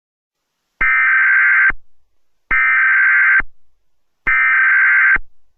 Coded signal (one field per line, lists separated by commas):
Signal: Emergency Alert System (SAME) tones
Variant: header bursts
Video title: EAS Mock - Rage Justin